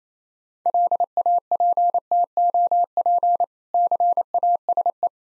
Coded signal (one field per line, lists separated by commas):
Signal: Morse code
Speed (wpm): 27 wpm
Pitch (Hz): 700 Hz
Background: none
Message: LAPTOP CASE